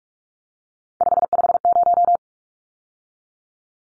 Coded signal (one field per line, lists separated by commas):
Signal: Morse code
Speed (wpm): 44 wpm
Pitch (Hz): 700 Hz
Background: none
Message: 550